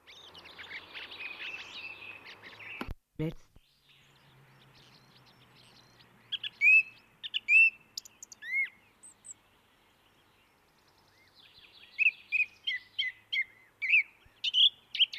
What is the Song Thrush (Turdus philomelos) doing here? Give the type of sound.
song